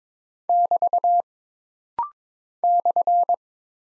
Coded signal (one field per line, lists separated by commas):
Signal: Morse code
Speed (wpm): 22 wpm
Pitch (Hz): 700 Hz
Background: none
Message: <BT> /